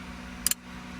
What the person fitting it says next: and it clicks into place